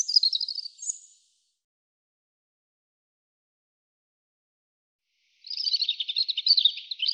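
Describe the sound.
European robin song in two bursts, a short high warbled phrase at the start and a longer thin twittering run near the end, with silence between.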